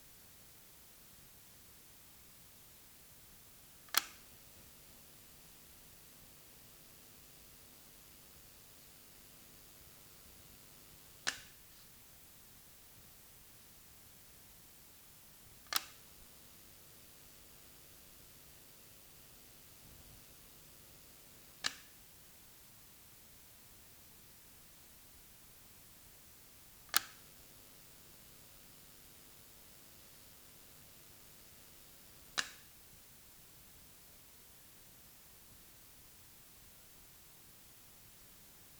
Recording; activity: daily activity, guitar pickup as the sensor; operate light